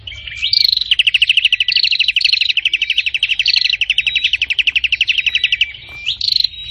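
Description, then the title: Prinia singing a fast, even series of sharp chirps, continuous for several seconds, with occasional short rising whistles laid over the rhythm. Described as singing very intensely and constantly ('gacor parah'). "Burung Prenjak Gacor Parah"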